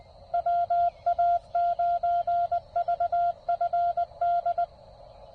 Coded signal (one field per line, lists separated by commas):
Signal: Morse code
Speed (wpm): 20 wpm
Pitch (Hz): 1390 Hz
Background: none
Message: WA9VFD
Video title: Penntek TR54L "Skinny" Maiden voyage. POTA Activation